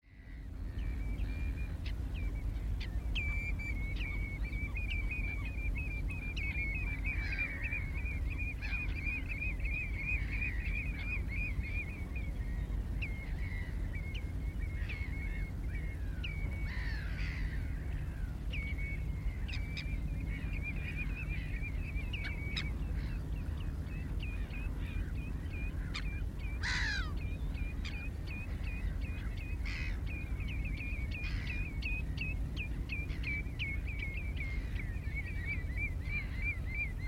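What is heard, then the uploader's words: A displaying male redshank keeps up a long, rapid run of ringing, yodelling calls from about three seconds on, steady and repeated with brief pauses throughout. A constant low rumble of wind or traffic sits underneath, and a sharp, brighter call cuts in around 27 seconds. Yodeling redshank. It is the start of their breeding season and displaying male redshank go through a series of calls before reaching the full yodelling in flight with quivering bowed wings. Starting with the "Tu-Tu" then building up to "Tudululululu........." the yodeling!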